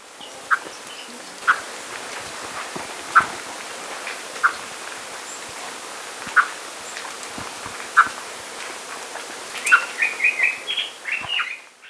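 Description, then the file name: Blue mockingbird calls: short, sharp chip notes repeated every second or two, then a quick run of higher, clustered notes at the end. "MOCKING Blue. Slaughter"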